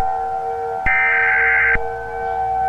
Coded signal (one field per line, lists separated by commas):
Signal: Emergency Alert System (SAME) tones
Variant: header bursts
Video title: US Nuclear Attack (EAS Scenario Mock)